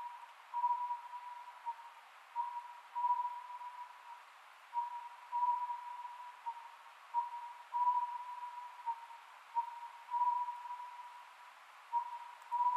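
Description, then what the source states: Oriental scops owl calling steadily: roughly six short hollow whistled phrases, each of a brief note and longer tones, spaced about two and a half seconds apart. Recorded 27 May 2010 at 22:21, at night.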